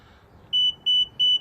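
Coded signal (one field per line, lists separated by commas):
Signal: beep code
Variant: Hansshow power trunk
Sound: three short, evenly spaced, high-pitched electronic beeps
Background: quiet room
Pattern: 3 short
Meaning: The power trunk is set to speed setting 3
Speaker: oh that's two beeps sorry three beeps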